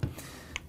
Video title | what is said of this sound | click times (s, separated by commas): Zebra’s MC9300 Unboxing and Review | you hear it click and then | 0.6 s